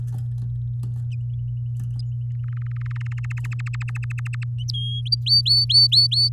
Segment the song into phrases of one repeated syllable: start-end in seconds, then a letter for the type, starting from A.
2.44-3.26 A, 3.30-4.44 B, 4.73-5.01 C, 5.05-6.29 D